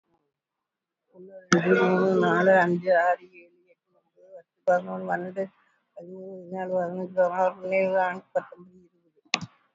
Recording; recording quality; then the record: counting at a fast pace; excellent, no background noise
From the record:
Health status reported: respiratory illness, not identified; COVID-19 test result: not tested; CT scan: not taken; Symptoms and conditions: fever, fatigue, muscle pain, asthma, diabetes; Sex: female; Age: 70 years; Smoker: no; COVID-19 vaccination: none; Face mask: worn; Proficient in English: no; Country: India